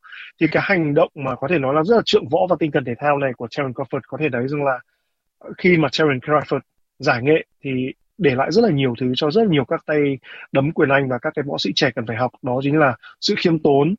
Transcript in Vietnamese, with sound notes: Thì cái hành động mà có thể nói là rất có trượng võ và tinh thần thể thao này của Terence Crawford có thể thấy rằng là, [ngập ngừng] ờmmm, khi mà Terence Crawford giải nghệ thì để lại rất là nhiều thứ cho rất nhiều các tay đấm quyền anh và các võ sĩ trẻ cần phải học, đó chính là sự khiêm tốn.